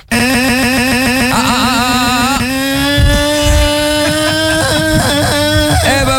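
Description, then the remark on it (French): A scooter engine, just restarted, runs loud and steady, its buzzing whine climbing and dipping through several quick revs over about six seconds, with no voices. “Voilà, ça y est, ton coup de scooter, ton tour de scooter là, il est fait, c'est bon.”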